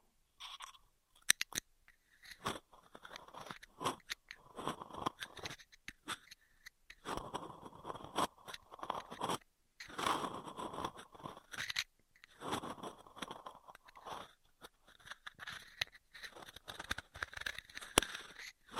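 Straw sounds come in busy bursts of scratchy crinkling and scraping, with sharp clicks and crunches scattered throughout. The rustling swells and stops in uneven phrases, with short silent gaps around the two-second, seven-second and ten-second marks, and bright, crisp edges.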